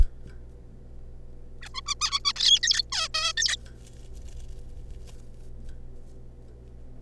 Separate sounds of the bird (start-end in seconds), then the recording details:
1.62-1.68, 1.74-1.81, 1.86-1.94, 2.01-2.19, 2.25-2.33, 2.36-2.59, 2.63-2.82, 2.92-3.08, 3.14-3.33, 3.37-3.56. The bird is a juvenile. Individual R3549